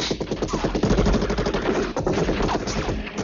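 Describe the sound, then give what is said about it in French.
Sustained machine gun fire from Arnold shooting at men in a scene of the film Commando rattles off in rapid, continuous bursts for several seconds, loud and dense, over a steady low engine drone with no voices. “Et d'ailleurs, important de noter que dans cette scène-là, c'est la première fois qu'Arnold manque autant les gars sur lesquels il tire.”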